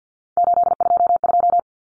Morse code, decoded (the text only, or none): 822